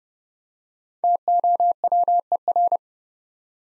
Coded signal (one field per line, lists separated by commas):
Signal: Morse code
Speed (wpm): 30 wpm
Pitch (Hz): 700 Hz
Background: none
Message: TOWER